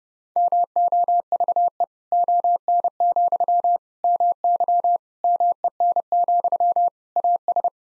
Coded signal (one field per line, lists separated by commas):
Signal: Morse code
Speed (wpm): 32 wpm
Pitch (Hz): 700 Hz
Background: none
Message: MOVE ON, MY MEN, AS